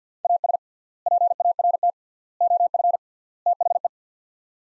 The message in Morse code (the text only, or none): AS PART OF THE